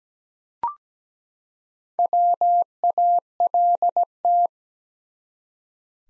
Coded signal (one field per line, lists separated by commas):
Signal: Morse code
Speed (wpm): 17 wpm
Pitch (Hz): 700 Hz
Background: none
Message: WALT